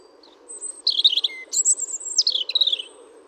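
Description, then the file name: European robin song: a continuous phrase of high thin whistles and rapid twittering notes jumping between pitches, with a brief low note in the middle. "Erithacus rubecula"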